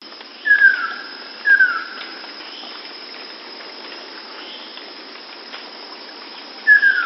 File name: Golosa ptic - Plamennaya alciona Halcyon coromanda